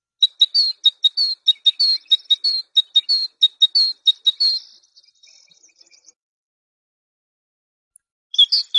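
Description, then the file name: Great tit song: a long series of quick, high, evenly spaced notes that breaks off into faint sounds, followed by silence and a brief restart. Masteran track, a training recording for songbirds. "suara masteran great tit"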